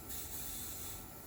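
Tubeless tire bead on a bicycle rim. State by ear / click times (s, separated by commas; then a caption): not seated / none. A tubeless bicycle tire is being inflated on its rim, aiming for about 2.5 to 3 bar so the bead snaps into its seat. A steady, broadband hiss of air runs through the whole clip with no sharp transients. The bead has not seated or clicked yet.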